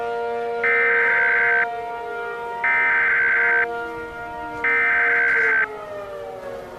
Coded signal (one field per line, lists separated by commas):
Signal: Emergency Alert System (SAME) tones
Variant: header bursts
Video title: EAS Scenario 100 Subscriber Special Terror Attack On America